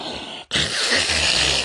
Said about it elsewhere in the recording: My wife snores like a diabetic Yeti with sleep apnea when she's pregnant.